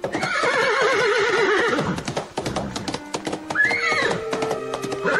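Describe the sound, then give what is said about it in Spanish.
At a horse race, horses whinny with long, wavering high-pitched neighs over a busy rhythmic clatter of hooves clip-clopping, followed by another rising whinny as the hoofbeats continue. “Riñas de gallos, carrera de caballos.”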